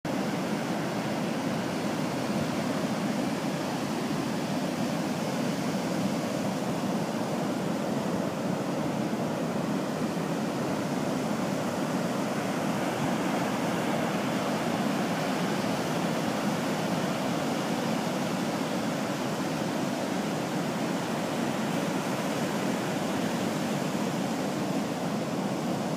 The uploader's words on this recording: The screaming Pacific at Great Highway Seawall/Promenade by jimcolgan.